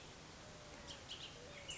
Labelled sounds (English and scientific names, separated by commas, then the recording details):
Bullock's Oriole (Icterus bullockii)
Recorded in Sonoma County, California